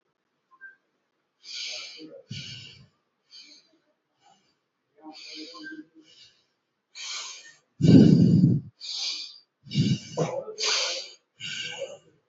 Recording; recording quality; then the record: shallow breathing; excellent, no background noise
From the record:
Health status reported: healthy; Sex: male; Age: 28 years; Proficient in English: yes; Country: India